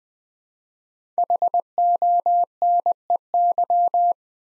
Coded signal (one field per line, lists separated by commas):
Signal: Morse code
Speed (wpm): 20 wpm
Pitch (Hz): 700 Hz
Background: none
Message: HONEY